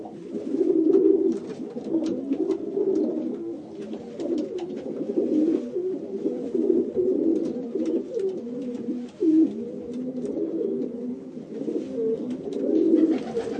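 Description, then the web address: Pigeon: a continuous mass of low pigeon coos, rising and falling in loudness, with frequent faint clicks and scratching sounds. "sound bird-pigeon"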